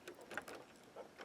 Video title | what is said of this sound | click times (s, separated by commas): How to add Couching Embellishment to your Custom Infinity Scarf | Just snaps right into place. | 0.4 s